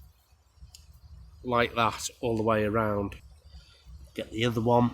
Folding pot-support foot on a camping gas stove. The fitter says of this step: out all click into place this is what I like lot about